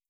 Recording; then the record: hydrophone in a shrimp aquaculture tank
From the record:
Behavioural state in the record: starved